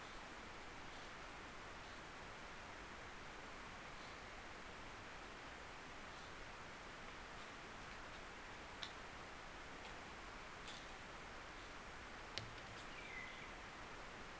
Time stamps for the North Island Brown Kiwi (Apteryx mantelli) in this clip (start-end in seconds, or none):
none